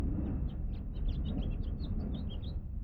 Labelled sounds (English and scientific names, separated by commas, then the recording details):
House Finch (Haemorhous mexicanus) song
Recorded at Lawrence on Long Island, New York, on 4 June 1975
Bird D